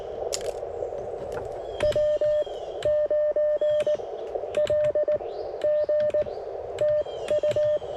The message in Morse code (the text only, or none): W9LG TU